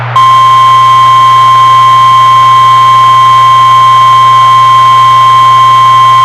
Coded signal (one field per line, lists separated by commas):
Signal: Emergency Alert System (SAME) tones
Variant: 1050 Hz attention tone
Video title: EAS Silli Danger Warning